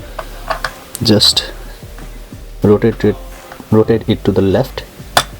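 On a Lenovo ThinkPad Edge E530 laptop motherboard, the screw-type lock on the CPU socket is turned to the left to release the processor while someone talks. A sharp click sounds at 5.2 s as the socket lock clicks open and the processor is released.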